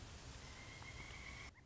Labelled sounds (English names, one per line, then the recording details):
Pileated Woodpecker
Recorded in Sonoma County, California